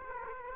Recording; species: mosquito wingbeat signal from an infrared sensor; Aedes aegypti